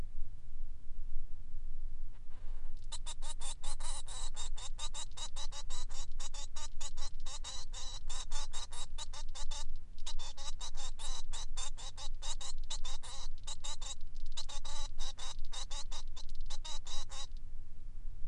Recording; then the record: song of a male Bengalese finch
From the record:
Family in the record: son of father 3